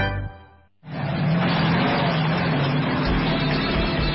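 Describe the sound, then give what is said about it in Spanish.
A car engine put under extreme demands, in a radio advert for Lyon engine lubricant, hums with a buzzing, harmonic tone, cuts out for a split second, then revs into a loud, steady roar that holds for several seconds with no voices. “Los motores son sometidos a exigencias extremas.”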